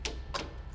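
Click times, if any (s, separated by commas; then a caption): 0.1 s. A pleated screen fitting on a multi-slide stacking pleated screen is turned into its mount on the door frame and seats with a single sharp click at 0.1 s. A second, softer broadband tick follows around 0.35 s over a low background hum.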